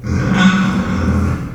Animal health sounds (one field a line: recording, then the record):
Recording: squeal of a Yucatan mini pig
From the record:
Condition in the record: after surgery on the right vocal fold (resection and tissue-engineered implant)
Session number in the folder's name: 16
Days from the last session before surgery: 183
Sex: female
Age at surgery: 19 weeks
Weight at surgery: 25 kg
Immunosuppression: prednisolone